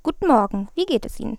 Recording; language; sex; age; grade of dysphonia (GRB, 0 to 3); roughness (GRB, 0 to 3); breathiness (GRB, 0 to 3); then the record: spoken sentence; German; female; 20 to 29 years; 0; 0; 0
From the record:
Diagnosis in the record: healthy voice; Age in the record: 22 years